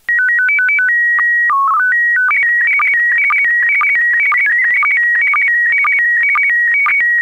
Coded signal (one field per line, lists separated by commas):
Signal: SSTV (slow-scan television)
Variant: PD 120